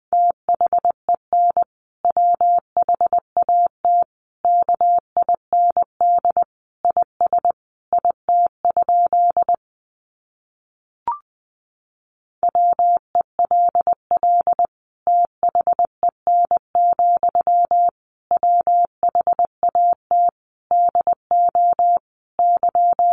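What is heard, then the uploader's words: Morse code is sent as a pure, steady beeping tone of medium pitch, keyed into short dots and longer dashes in quick, irregular groups. The keying runs for about nine seconds, pauses for roughly three seconds with a single faint click, then resumes until the end. Sentences from Top 200 Words 20wpm. First, the words are sent in Morse code.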